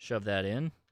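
A handheld radio's internal chassis is pushed into its plastic housing while the plastic parts and rubber button pad are held in place during reassembly. Someone talks briefly, and then the sound trails off to near silence. Nothing has seated or clicked yet.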